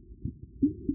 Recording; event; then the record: neck accelerometer signal played as sound; no cough (speech, laughter, throat clearing or background)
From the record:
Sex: male